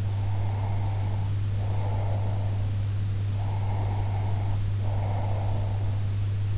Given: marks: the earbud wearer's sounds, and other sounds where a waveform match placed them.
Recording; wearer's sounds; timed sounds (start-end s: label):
sounds in sleep by an in-ear microphone; breath
0.17-2.69 s: breath
3.37-6.09 s: breath